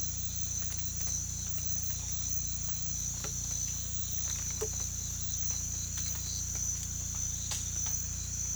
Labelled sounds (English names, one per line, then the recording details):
none
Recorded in pastures near Puerto Asís, Putumayo, Colombia, on 18 December 2024 at 03:00
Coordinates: 0.472, -76.331
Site GP02